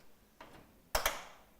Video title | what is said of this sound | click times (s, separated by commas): How To Install a Duratech Roof Window on a Plain Tile Roof | those do go in or you don't bring it up okay two clicks and it | 1.0 s, 1.1 s